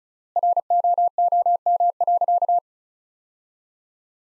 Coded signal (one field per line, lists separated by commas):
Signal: Morse code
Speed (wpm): 36 wpm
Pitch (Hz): 700 Hz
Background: none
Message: ROOM.